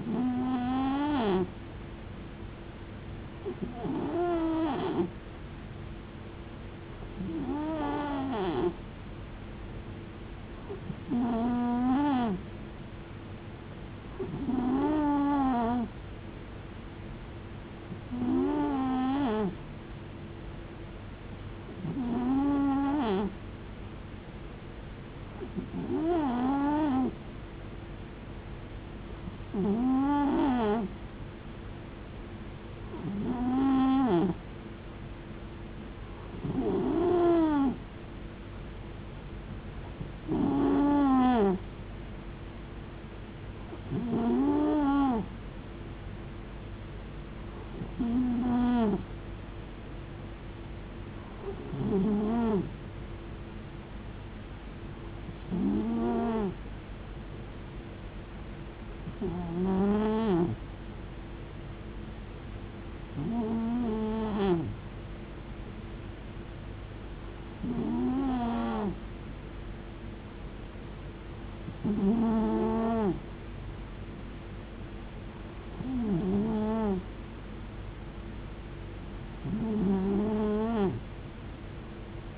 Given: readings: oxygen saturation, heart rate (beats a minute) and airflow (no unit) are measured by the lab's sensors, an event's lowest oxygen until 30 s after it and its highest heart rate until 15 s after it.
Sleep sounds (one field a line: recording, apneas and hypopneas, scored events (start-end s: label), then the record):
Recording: breathing in sleep by a voice recorder at the bedside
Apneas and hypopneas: none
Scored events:
none scored
From the record:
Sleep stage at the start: N2 (light sleep)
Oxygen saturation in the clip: 90 to 92%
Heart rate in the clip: 59 to 75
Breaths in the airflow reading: 22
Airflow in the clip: -5.8 to 4.4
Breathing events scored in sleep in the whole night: 389 in 6.3 hours asleep